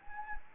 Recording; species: mosquito wingbeat signal from an infrared sensor; Anopheles gambiae